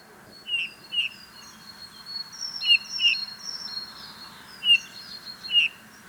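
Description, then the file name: Eurasian bullfinch giving soft, short piping calls, about six over six seconds, with thin higher notes and steady background hiss. "Pyrrhula pyrrhula"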